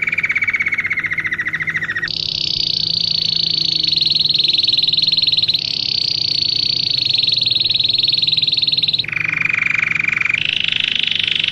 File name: canto do canario belga cabeca lisa australiana